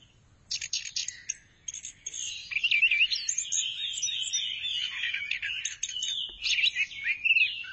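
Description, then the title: Thrush song, a rich run of varied whistles, trills and chattering notes mixed together, continuous and loud over about seven seconds. "burung anis"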